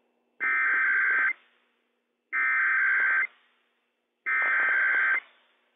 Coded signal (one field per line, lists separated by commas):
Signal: Emergency Alert System (SAME) tones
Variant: header bursts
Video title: Washington State EOC RWT - WWF56 - EAS #128 - 11:00 AM PDT 7/6/21